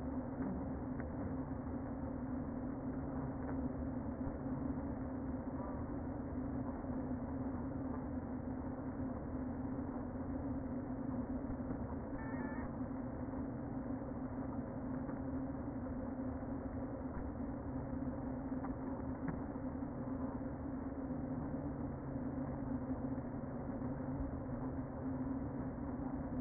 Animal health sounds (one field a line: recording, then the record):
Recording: honeybee colony, microphone inside the hive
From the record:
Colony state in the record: queen present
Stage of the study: before two queens were removed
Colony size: about 60,000 bees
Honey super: yes